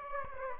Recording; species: mosquito wingbeat signal from an infrared sensor; Aedes aegypti